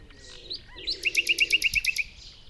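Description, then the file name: Common nightingale song: a few soft opening notes, then a loud, fast, evenly spaced series of about ten sharp repeated notes. "Luscinia megarhynchos"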